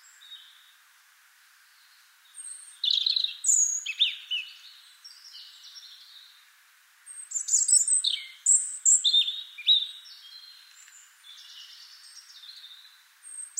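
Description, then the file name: European robin song, phrases of thin high whistles and rapid trills, given in two bursts separated by a few seconds of quiet, with faint background hiss. "Erithacus rubecula"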